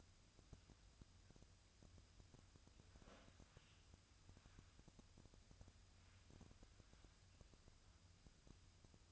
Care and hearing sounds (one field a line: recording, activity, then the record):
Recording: daily activity, microphone in the room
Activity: wipe stove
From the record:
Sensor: 2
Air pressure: 1004.6 hPa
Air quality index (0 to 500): 75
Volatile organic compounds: 1 ppm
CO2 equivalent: 885 ppm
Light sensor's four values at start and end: 7/16/6/6 and 7/16/6/6